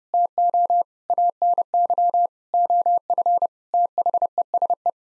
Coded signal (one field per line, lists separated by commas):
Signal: Morse code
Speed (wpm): 30 wpm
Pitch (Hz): 700 Hz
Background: none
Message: TO ANY OF THESE